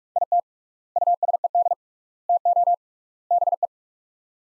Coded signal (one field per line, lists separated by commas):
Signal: Morse code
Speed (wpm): 48 wpm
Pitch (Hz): 700 Hz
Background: none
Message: IT USED TO BE